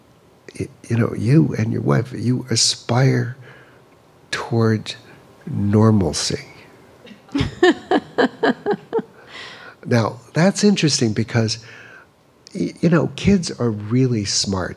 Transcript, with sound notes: you know, you and your wife, you aspire towards normalcy.
(Laughter).
Now, that's interesting because, you know, kids are really smart.